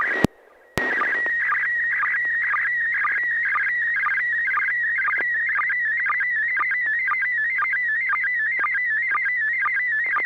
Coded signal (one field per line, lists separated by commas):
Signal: SSTV (slow-scan television)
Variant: PD 120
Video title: N6NA SSTV Net - 06/23/2021